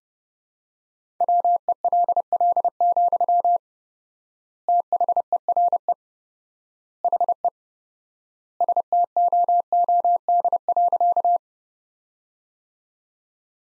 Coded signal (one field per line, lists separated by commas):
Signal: Morse code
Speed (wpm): 30 wpm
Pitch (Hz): 700 Hz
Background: none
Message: WELL, THERE HE STOOD.